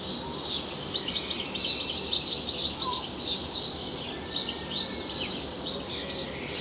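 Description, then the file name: European goldfinch song made of rapid, irregular high chirps, about four per second, tinkling and liquid over background hiss. "Carduelis carduelis"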